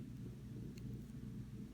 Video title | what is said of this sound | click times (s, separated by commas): AR-15 Flip-Up 45 Degree Offset Rapid Transition Backup Iron Sights | So this one seems to not only twist, but it kind of clicks into place. Click. I don't know if you can hear that, | 0.8 s